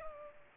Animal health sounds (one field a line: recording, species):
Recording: mosquito wingbeat signal from an infrared sensor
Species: Culex pipiens